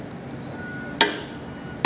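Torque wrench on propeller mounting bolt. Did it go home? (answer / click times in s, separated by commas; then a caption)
yes / 1.0 s, 1.9 s. A torque wrench is brought up slowly on a propeller mounting bolt of a general aviation aircraft, with a steady low background hum and faint tonal lines. The wrench clicks at its setting at 1.0 s with a sharp broadband snap and short ring, then clicks again at 1.8 s.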